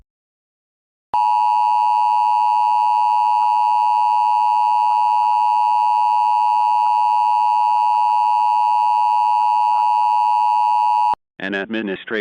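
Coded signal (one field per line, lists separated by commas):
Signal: Emergency Alert System (SAME) tones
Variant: 853 and 960 Hz attention tone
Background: speech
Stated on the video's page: Simulated EAS scenario based on an animated series episode.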